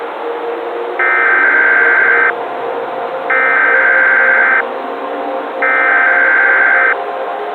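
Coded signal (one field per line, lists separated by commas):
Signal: Emergency Alert System (SAME) tones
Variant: header bursts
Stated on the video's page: Fictional analog-horror EAS scenario.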